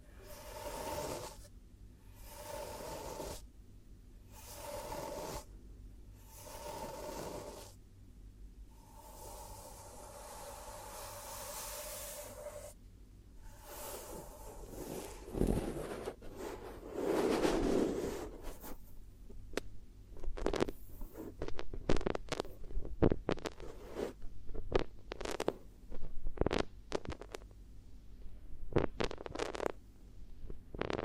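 Soft trigger sounds move through a slow, hushed sequence. For the first fifteen seconds, long smooth brushing or rubbing swells come in bursts separated by brief pauses. After that the sound turns into dense clicky taps and crinkly scrapes at an irregular, quickening pace.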